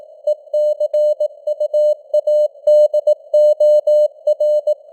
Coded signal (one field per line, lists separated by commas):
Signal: Morse code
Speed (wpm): 18 wpm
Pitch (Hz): 600 Hz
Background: none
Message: ECUADOR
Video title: Morse Code News | 2025-10-15 | 18wpm